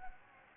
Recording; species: mosquito wingbeat signal from an infrared sensor; Anopheles gambiae